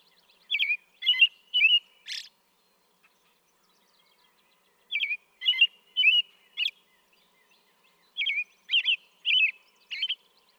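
American robin song: three short bursts of about four clear whistled, slurred notes each, separated by pauses, with a thin high squeaky note ending the first burst.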